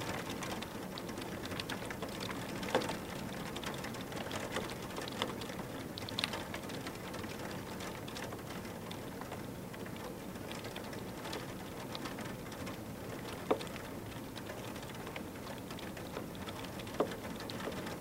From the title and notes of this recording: Rain Tapping on the Window. Rain tapping and drizzling down your window during a light and calming thunderstorm.